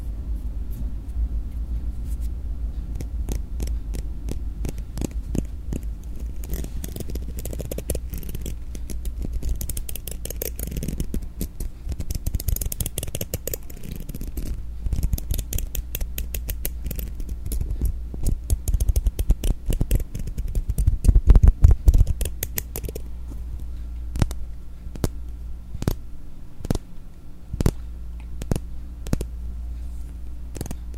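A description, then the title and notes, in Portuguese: Things are rubbed and moved right against a microphone, making close, dry scratching and tapping sounds. Dense rustling fills the first twenty seconds, swelling to a louder burst near twenty-one seconds, then thins to sparse sharp clicks over a low steady hum. Arrepiando sua nuca passando coisas no mic ASMR.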